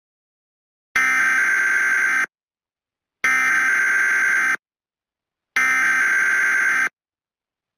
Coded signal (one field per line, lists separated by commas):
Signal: Emergency Alert System (SAME) tones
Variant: header bursts